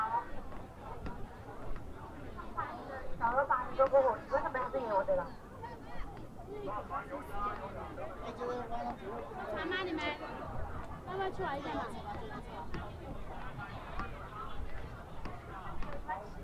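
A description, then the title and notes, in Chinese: A crowd of voices at Hongyadong in Chongqing keeps up a continuous babble of overlapping talk, with no single speaker standing out for long. A louder stretch of speech rises around three to five seconds, and a low rumble runs underneath throughout. 重庆洪崖洞。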